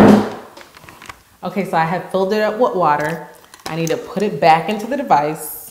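A refilled plastic water reservoir is handled as it is about to go back into a portable hair steamer base, with a few brief handling knocks between 0.6 and 1.1 s. Someone then talks. The reservoir has not seated or clicked into the base yet.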